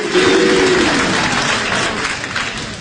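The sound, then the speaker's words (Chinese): Steady, dense applause from an audience at a crosstalk (xiangsheng) comedy performance, a continuous wash of many hands clapping that holds loud throughout and tapers only slightly at the end, with a brief tonal whistle-like sound early on. “谢谢朋友们， 谢谢大家伙的掌声鼓励。”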